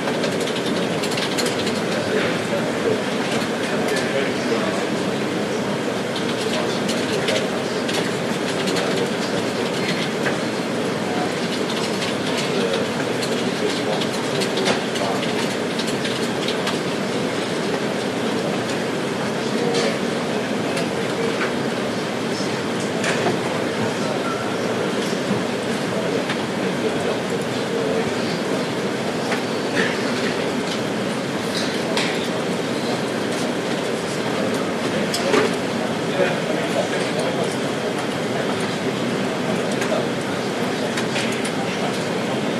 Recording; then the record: background sound without coughing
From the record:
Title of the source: Office Sounds Ambience - Background Noise for Study and Work